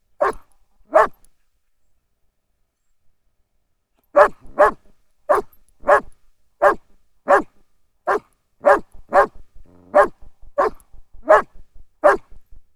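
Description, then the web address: German Shepherd dog barking: two barks, a pause of about three seconds, then a run of loud, gruff barks roughly every half second until the end. German Shepherd outdoors, barking many times, starting and stopping; recorded with a DPA 4060 microphone. "Pole Position - Barking Dog Dog German Shepherd. Ext Field Bark Many TImes Start and Stop"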